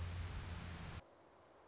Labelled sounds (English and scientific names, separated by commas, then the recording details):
Orange-crowned Warbler (Leiothlypis celata)
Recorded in Sonoma County, California